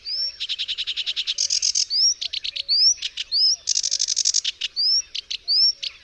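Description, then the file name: Sedge warbler song mixing rapid trilled runs and grating buzzes with repeated upward-sweeping whistled slurs, delivered in a lively, varied sequence. "Rokitniczka"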